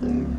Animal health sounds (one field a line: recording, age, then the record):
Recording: pig call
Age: growing-finishing pig (85 days or more)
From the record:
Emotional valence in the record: negative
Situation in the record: barren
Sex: female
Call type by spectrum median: low-frequency call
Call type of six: low-frequency stable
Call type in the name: low-frequency stable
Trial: 3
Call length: 0.39 s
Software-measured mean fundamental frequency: 38 Hz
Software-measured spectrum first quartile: 143 Hz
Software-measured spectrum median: 229 Hz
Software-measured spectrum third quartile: 297 Hz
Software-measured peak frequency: 249 Hz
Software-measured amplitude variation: 152 dB a second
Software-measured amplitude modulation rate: 24.5 a second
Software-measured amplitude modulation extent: 6.2 dB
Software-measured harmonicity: 3.2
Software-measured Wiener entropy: -0.90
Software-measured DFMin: 757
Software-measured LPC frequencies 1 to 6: 277, 1616, 2516, 5071, 5900, 6593 Hz